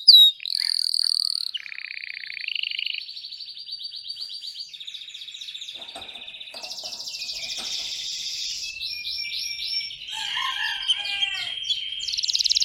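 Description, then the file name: Canary song with a varied series of high trills, buzzy rolls and steady whistled notes, changing phrase every second or two. Singing Belgian canary, red frosted colour variety. "canto do canario belga vermelho nevado"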